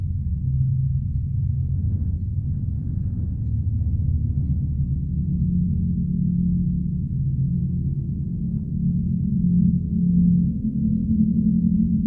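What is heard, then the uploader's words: A wind-driven wire fence drones steadily and low, a dense humming tone with shifting pitches that swell slightly louder near the end. Bavelaw Wire fence drone. Contact mic recording of a wire fence on a windy day. JrF contact mics into Sound Devices 633.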